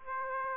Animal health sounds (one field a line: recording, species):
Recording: mosquito wingbeat signal from an infrared sensor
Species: Aedes aegypti